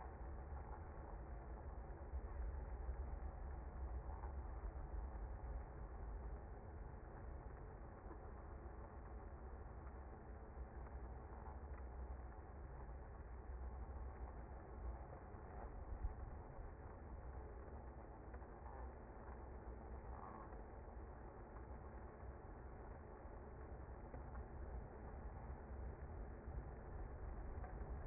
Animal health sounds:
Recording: honeybee colony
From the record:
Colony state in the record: active

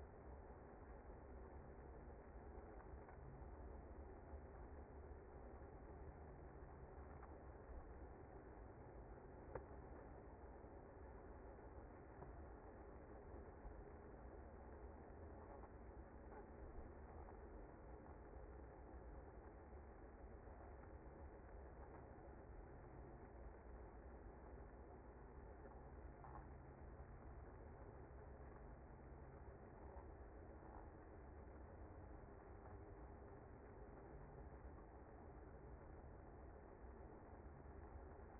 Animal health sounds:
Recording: honeybee colony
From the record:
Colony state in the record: active

